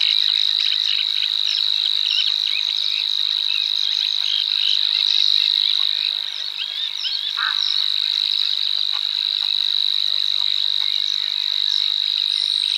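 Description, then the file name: Savi's warbler giving a long, unbroken, high buzzing reel throughout, with scattered chirps and chatter from another bird behind it. "Vassångare"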